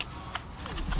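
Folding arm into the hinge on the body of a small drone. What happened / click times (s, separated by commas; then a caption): Folding arms snap into their open position / 0.0 s, 0.4 s, 0.7 s, 0.9 s. Plastic folding arms on a small Eachine E56 camera quadcopter are unfolded one by one, each snapping into its open position in the hinge on the drone's body. Four sharp clicks sound at about 0.0, 0.4, 0.7 and 0.9 seconds, and every arm seats in place.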